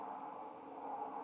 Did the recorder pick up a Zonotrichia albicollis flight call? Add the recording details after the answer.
no. No flight call is heard. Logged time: 00:07 on 5 December 2014